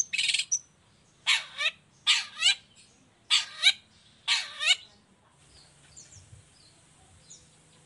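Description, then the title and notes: Long-tailed shrike uttering harsh, scratchy double notes with falling tails, five quick bursts, then faint high chirps and a low hum. Gacor cendet (long-tailed shrike) singing in the morning in the 'toet toet' style with varied notes and a clear voice, offered for other cendet to imitate. "Cendet Gacor Dor Di Kala Pagi Toet Toet Variasi Suara. Cendet Gacor Suara Jernih Full Variasi Sangat Mudah Di Tiru Cendet Jenis Apapun. Burung cendet"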